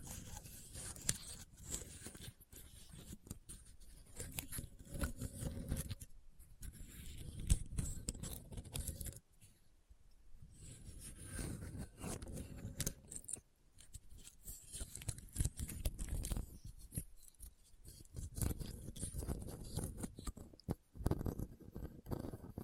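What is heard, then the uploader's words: A Christmas trigger assortment with no talking: dense, crinkly scraping and snipping sounds, much like scissors or rustling wrapping, come in uneven bursts. Short pauses break the flow around 9, 14 and 21 seconds, and a soft low rumble runs beneath the handling. Christmas Trigger Assortment (No Talking).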